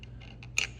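A back cover is pressed onto a 3D-printed plastic case that holds a PCB board, producing a few faint ticks followed by a sharp, loud click. The clicks come at 0.4 s and 0.6 s, and the cover snaps on and is secured. There is no talk.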